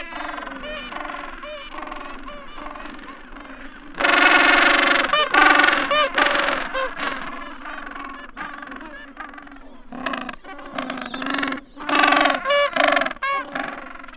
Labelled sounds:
Gentoo Penguin (Pygoscelis papua) call

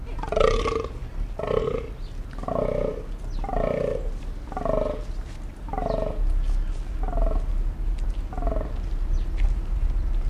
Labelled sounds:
Fallow Deer (Dama dama)

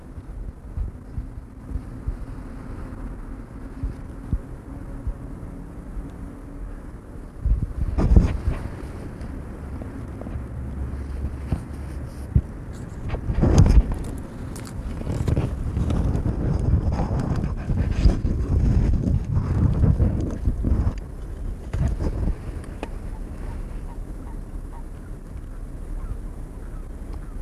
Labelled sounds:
Common Toad (Bufo bufo) call

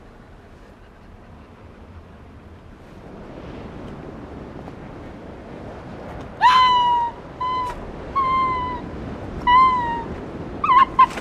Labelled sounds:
Arctic Fox (Vulpes lagopus) call

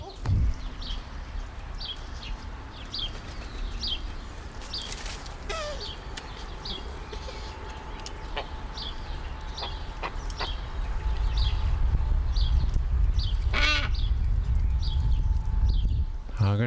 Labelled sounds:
Hadada Ibis (Bostrychia hagedash) call

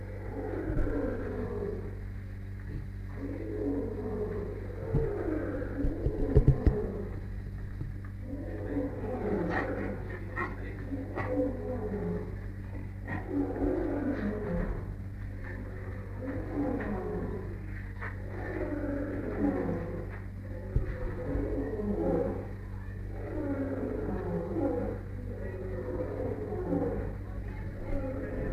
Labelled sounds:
Leopard (Panthera pardus)

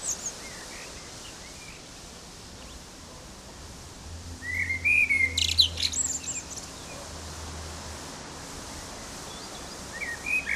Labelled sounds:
Common Blackbird (Turdus merula) song

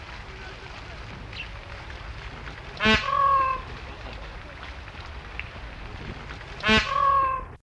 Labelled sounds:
Indian Peafowl (Pavo cristatus) call

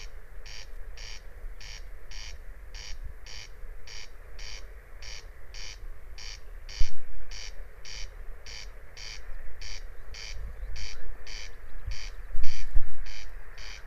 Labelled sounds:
Corn Crake (Crex crex) song

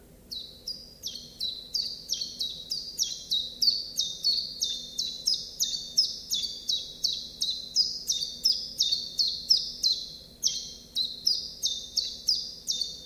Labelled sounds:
Common Chiffchaff (Phylloscopus collybita) song

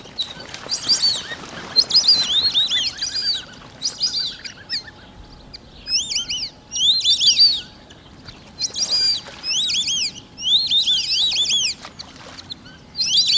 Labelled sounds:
White-faced Whistling Duck (Dendrocygna viduata) call

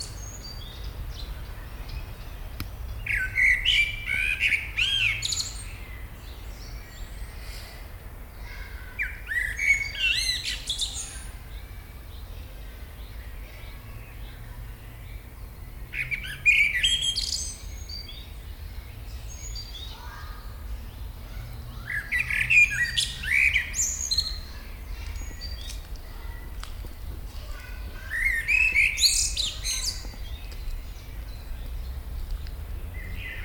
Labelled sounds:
Common Blackbird (Turdus merula)

